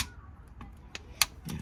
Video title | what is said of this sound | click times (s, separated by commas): VW Sharan engine and gearbox oil change | Clicking there, so that's a lot less than went on the back one, even though they're meant to be the same torque, but | 1.2 s